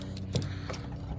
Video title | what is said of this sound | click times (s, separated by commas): नये wiper installed in our Scorpio -- BOSCH company क्या चीज बनायीं हैं 👌🏻 | अब इसको ऐसे ऊपर को कस दिया देखो लॉक हो गया तक किसी आवाज़ आई अभी | 0.4 s